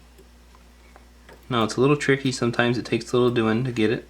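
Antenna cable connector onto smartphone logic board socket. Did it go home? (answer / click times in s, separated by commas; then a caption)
no / none. An antenna wire connector is lined up over its socket on an iPhone 6 logic board before being pressed home, a fiddly step that takes a little doing. Faint small ticks come at about 0.6, 1.0 and 1.3 seconds, then someone talks from about 1.5 seconds to the end. Nothing has seated or clicked yet.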